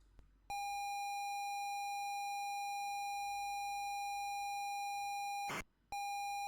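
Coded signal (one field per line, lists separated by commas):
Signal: ZX Spectrum tape loading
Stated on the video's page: ZX Spectrum Next game on real hardware, Bounty Bob Strikes Back, streamed.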